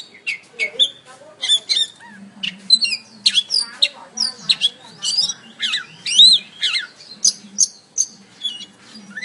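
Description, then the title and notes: Oriental magpie-robin delivering varied whistled and buzzy phrases with sharp high notes, mixed with some harsher mid-pitched sounds and a faint low hum. "Kicau Kacer. kiccau"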